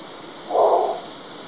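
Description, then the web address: Long-wattled umbrellabird giving a single short, low hum about half a second long over a steady hiss. "Long wattled umbrellabird. صدای-پرنده-چتر-مرغ-غبغب-دراز"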